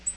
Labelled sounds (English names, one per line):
Black-throated Green Warbler flight call